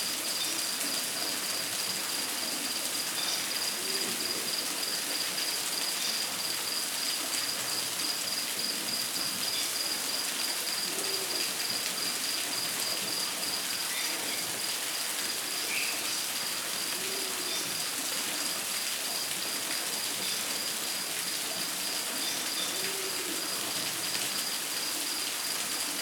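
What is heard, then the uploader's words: Deep rainforest ambience: a dense, steady hiss of rain or dripping fills the clip from start to finish at an even level. A high, regular insect trill pulses through the first half, and a few low bird calls surface now and then. Deep Rainforest Ambience.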